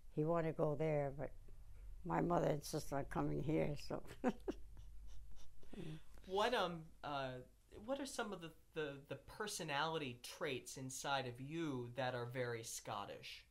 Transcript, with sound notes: he wanted to go there, but my mother insisted on coming here. So. [laughs]
What — what are some of the — the personality traits inside of you that are very Scottish?